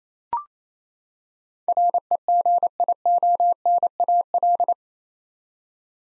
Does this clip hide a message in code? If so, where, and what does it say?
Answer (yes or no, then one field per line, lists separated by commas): yes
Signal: Morse code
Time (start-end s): 1.7-4.7 s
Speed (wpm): 28 wpm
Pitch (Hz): 700 Hz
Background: none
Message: REGIONAL